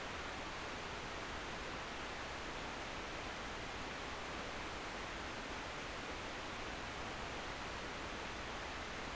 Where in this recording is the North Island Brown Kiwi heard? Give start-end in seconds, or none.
none